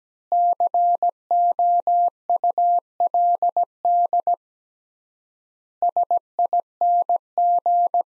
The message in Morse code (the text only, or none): COULD SING